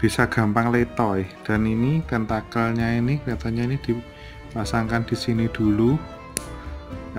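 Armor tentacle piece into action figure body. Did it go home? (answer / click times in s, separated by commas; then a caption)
yes / 6.4 s. Someone talks over background music while pressing a tentacle armor piece into its mounting socket on a plastic/metal Saint Cloth Myth Alraune Queen action figure. A single sharp click sounds at 6.4 s as the piece seats in place.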